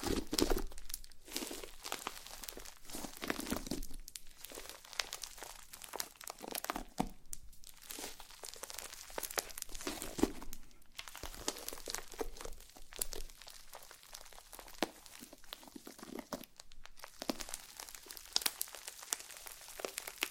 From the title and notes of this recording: ASMR SLIME No Talking Satisfying slime Sounds.